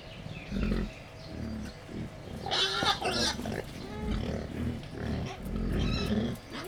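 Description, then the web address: Wild boar grunting in low, rhythmic pulses, broken around the middle by a harsh, high squealing burst, then steady grunting resumes to the end. Captive wild boar at Jászberény Zoo, excited before feeding, 28 April 2015. "allathangok jaszberenyizoo 2015 professzionalis vaddiszno etetesrefelajzva 04 28"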